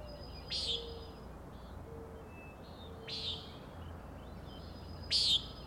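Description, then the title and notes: Common nighthawk giving three buzzy, nasal peent calls, each short, spaced a few seconds apart, the last loudest; thin high whistles in the background. Three birds peenting, flying in close follow-the-leader formation at 375–450 feet, very close to recordist; Schoodic Head overlook, Acadia National Park, Winter Harbor, Maine; 4am, 16 June 2017. "Common Nighthawks, Schoodic Head 061617 4am. 3 common nighthawks making peenting calls and wings booms but also a rattling noise at the Overlook (410 ft) on Schoodic Head (435 feet) Schoodic division Acadia National Park Winter Harbor, ME"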